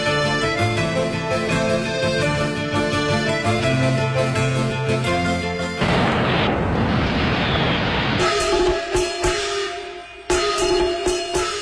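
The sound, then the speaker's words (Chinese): Loud, dense crackling bursts of firecrackers and fireworks for the Spring Festival (Chinese New Year) break in over bright orchestral music, filling a few seconds with noisy popping before the music returns with scattered sharp bangs. “烟花灿灿，爆竹声声，永恒的魅力。”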